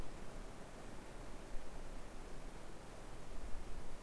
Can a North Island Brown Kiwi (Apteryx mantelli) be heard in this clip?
no